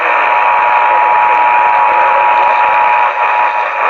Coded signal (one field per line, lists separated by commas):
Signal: Emergency Alert System (SAME) tones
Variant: 853 and 960 Hz attention tone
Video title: WBAP SVR late upload (EAS #1025)